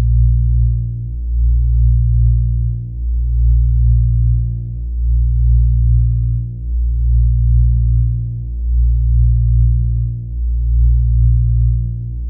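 A binaural beat tone: a deep, steady hum with overtones stacked closely above it and nothing bright on top. The sound swells and dips slowly and evenly, about once every two seconds, like a soft gong-like pulse throughout.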